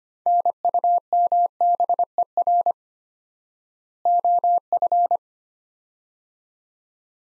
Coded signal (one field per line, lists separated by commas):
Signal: Morse code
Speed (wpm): 25 wpm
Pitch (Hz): 700 Hz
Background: none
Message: NUMBER OF